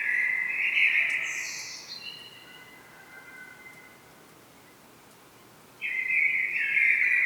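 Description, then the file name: Common blackbird delivering a mellow whistled phrase that ends in a high squeak, a quiet pause, then the next fluty phrase begins. "Turdus merula"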